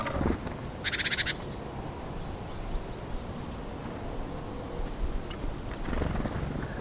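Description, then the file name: Great tit giving a brief, buzzy rattling call early on, over a low rumble with faint background chirps. "Parus major"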